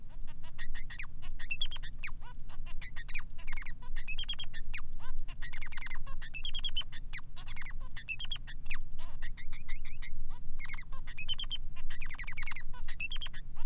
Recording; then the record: song of a male Bengalese finch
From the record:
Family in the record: son of father 3